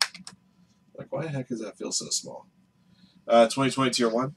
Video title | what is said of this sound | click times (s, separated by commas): Monday Night Live Sports Cards Breaks w/Firehand Cards! | it looked like a one looks like a one touch but it's not a one touch it kind of snaps into place in three spots like | 0.0 s, 0.3 s